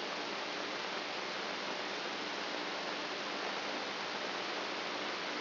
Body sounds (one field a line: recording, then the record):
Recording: brain microelectrode recording played as sound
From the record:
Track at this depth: outside the subthalamic nucleus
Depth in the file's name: 9.029 mm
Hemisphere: left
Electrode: 3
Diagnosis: Parkinson's disease